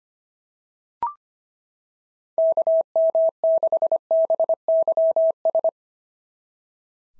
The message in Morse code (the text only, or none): KM6BYS